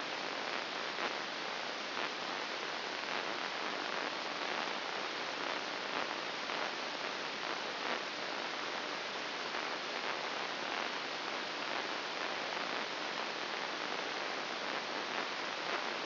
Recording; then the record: brain microelectrode recording played as sound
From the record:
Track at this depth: inside the subthalamic nucleus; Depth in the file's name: 2.804 mm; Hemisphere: right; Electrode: 2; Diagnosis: Parkinson's disease